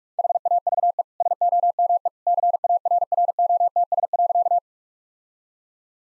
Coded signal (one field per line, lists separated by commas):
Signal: Morse code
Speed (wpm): 46 wpm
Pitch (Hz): 700 Hz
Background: none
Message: HAVE SOME CARROTS.